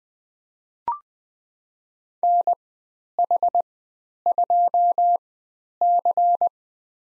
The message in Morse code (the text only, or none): NH2C